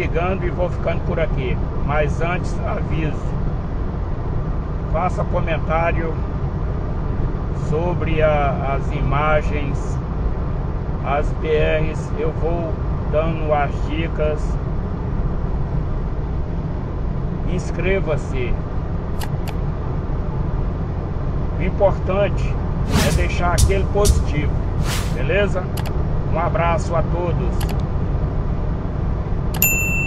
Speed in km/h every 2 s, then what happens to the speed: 93, 95, 95, 96, 97, 97, 97, 98, 96, 96, 97, 96, 96, 97, 99.
0-30 steady at about 96.